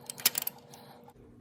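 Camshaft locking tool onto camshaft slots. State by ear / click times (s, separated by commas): not seated / none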